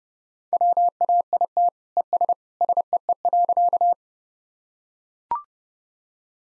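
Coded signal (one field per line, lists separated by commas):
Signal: Morse code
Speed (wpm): 30 wpm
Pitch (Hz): 700 Hz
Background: none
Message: WAIT ES SEE.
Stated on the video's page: Morse head-copy drill at 30 wpm of sentences from the top 500 words and abbreviations, each sent twice.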